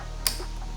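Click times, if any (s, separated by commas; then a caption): 0.3 s. A fuel pressure test hose's quick-connect fitting is pushed onto the fuel line on the fuel pump side. A single sharp click at 0.3 s stands out over a steady low hum, and the fitting seats in place.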